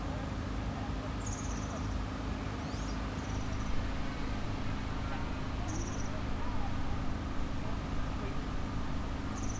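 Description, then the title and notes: European serin giving a few brief, very high, sizzling jingles at irregular intervals, against a strong, continuous low rumble. Solitary bird beside a cycle path near the Sierroz, Allée Marcel Mailly, Aix-les-Bains, France; construction noise. "Allée Marcel Mailly, 73100 Aix-les-Bains, France - Serin cini. Au bord de la piste cyclable près du Sierroz un serin cini solitaire , bruits de travaux,quelques passants"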